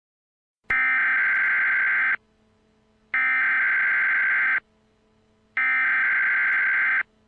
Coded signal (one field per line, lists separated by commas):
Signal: Emergency Alert System (SAME) tones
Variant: header bursts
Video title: Tornado Emergency EAS Alert Remake | Pasadena, TX Tornado |